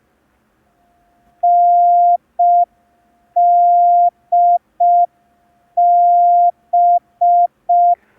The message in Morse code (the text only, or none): NDB